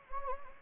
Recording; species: mosquito wingbeat signal from an infrared sensor; Anopheles gambiae